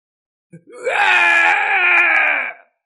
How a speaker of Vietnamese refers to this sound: gào lên đau đớn.